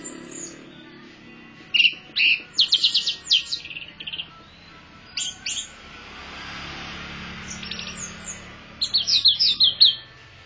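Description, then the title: Orange-headed thrush song: clusters of high, sharp whistled notes and chatter, a quiet gap midway, then a fast repeated burst near the end. Champion-class orange-headed thrush singing energetically, described as gacor, teler and doyong. "Kicau Mania Suara Burung Anis Merah Gacor Teler Doyorng Juara"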